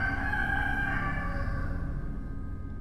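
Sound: rooster crowing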